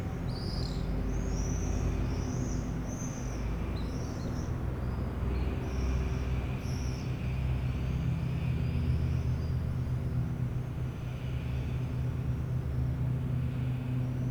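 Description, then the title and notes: Swift calls, clustered shrill trills early on then fainter high screams, with steady low engine-like hum beneath. Flock of swifts flying over rooftops of Aix-les-Bains, France, recorded from the MJC courtyard on a Sunday morning. "4 Rue Vaugelas, 73100 Aix-les-Bains, France - Les martinets. Le ballet des martinets au dessus des toits d'Aix-les-bains depuis la cour de la MJC un dimanche matin"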